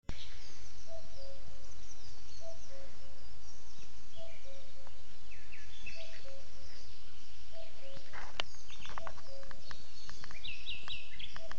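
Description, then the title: Common cuckoo repeating its two-note cu-coo call over loud steady background noise. "cuculo"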